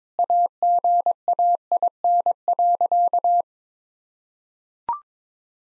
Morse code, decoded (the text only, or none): AGAIN.